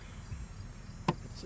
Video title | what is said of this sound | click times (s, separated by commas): Installing PRL Stage 1 intake, 10th gen Civic Si X | goes snaps into place cool | 1.1 s